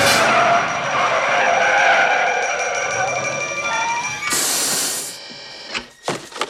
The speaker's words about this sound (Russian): Выжимает сцепление и тормоз.